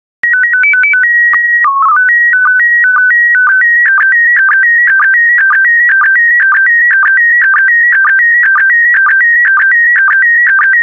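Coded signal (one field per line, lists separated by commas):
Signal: SSTV (slow-scan television)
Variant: PD 120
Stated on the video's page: PD120-mode SSTV images generated as practice decoding material, with stock photos and synthetic audio prompts.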